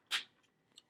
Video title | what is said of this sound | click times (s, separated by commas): Hasbro Transformers x G.I. Joe Soundwave Review | you heard probably that click that time fold in those wrists | 0.8 s